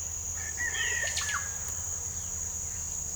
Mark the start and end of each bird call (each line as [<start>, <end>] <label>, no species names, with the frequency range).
[0.35, 1.45] bird call (0.9-3.7 kHz)